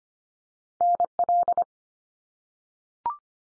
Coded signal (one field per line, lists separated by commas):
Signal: Morse code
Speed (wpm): 25 wpm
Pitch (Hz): 700 Hz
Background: none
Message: NL